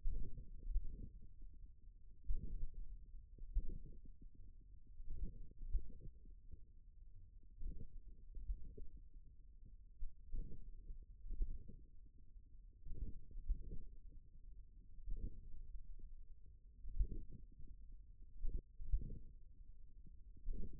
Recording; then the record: forearm muscle sounds (acoustic myography)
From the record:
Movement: finger pinch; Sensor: system 1, eight BSWA MPA416 microphones around the upper forearm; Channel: 6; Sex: male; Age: 41 years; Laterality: right